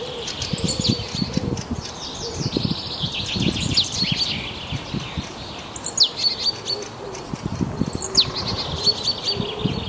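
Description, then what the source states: High bird chirps and down-slurred whistles run throughout, mixed with low cooing notes and irregular dull thumping noises. Birdsong in a forest.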